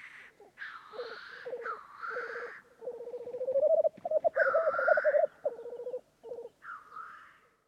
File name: Digiffects Sound Effects Library - Black Grouse Bird